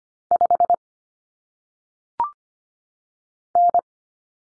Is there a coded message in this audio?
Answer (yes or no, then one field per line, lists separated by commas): yes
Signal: Morse code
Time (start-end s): 0.3-3.8 s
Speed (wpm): 25 wpm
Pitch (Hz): 700 Hz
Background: none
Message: 5 N